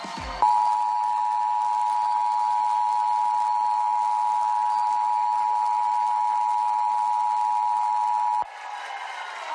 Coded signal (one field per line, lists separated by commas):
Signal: Emergency Alert System (SAME) tones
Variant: 853 and 960 Hz attention tone